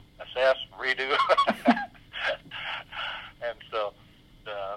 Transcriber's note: laughs